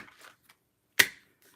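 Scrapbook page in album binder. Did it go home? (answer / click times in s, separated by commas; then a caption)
yes / 1.0 s. A finished scrapbook page is pushed into an album binder, with faint rustling at first and then one loud, sharp snap at 1.0 s as it pops into place. A few quiet ticks follow, and the page is seated in the binder.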